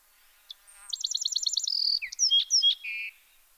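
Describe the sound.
Bewick's wren singing one phrase: a soft note, a fast high trill, then clear slurred whistles ending in a lower buzz.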